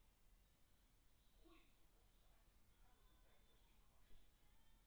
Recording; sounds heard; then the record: poultry house recording; no chicken sound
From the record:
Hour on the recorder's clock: 17